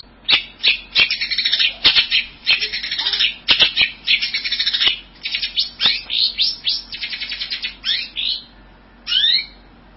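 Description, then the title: Bird song in a dense, fast run of varied chattering and whistled notes with quick slurs, nearly continuous for about eight and a half seconds, then a pause before a final sweeping phrase. "burung"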